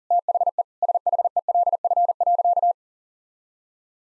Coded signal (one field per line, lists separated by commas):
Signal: Morse code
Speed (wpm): 40 wpm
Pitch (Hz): 700 Hz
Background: none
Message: THE SHELF.